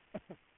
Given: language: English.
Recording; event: throat vibration sensor signal played as sound; cough